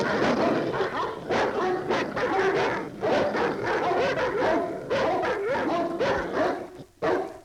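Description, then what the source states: Dog: harsh, overlapping growls and snarls from dogs in a steady scuffle, ending in a short pause and a final burst. Dogs fighting.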